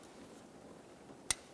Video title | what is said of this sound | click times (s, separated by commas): How to Replace Ignition Coil 2003-2011 Mercury Grand Marquis | press it in listen for a click give it a little tug to make sure it's completely secure | 1.3 s